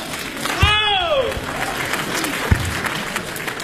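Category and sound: crowd, audience applause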